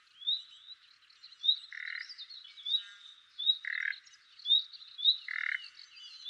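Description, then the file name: Common nightingale song: varied whistled and chattering phrases. "Luscinia megarhynchos"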